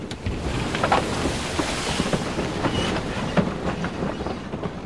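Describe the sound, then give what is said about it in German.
Churning, foaming seawater spray over the rocky shallows of Buru: a steady, dense hiss and roar of turbulent water with scattered crackling splashes and surges throughout, and no voices. “Gischt. Eigentlich nur Wasser. Aufgewühltes, schäumendes Meerwasser.”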